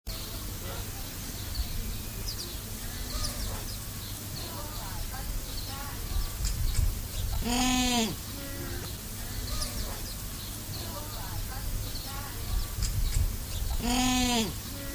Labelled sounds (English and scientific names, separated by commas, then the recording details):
Humboldt Penguin (Spheniscus humboldti) call
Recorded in captivity
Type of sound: call
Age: adult
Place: Zoo Berlin, Berlin, DE
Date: 2008-08-12 15:12
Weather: overcast, ca. 23°C
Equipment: Sony WM-D6C, Sennheiser ME 80, Kopie Uher 4000 Report Monitor
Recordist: Tembrock, Günter
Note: Rufe